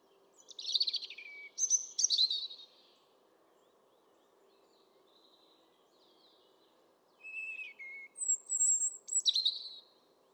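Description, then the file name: European robin singing two brief sparkling phrases, then a long pause over a low steady hum, followed by a fresh run of high thin whistles and trills. "Erithacus rubecula"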